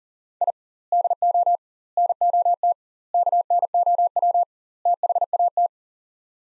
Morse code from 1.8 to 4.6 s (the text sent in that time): NOT KNOW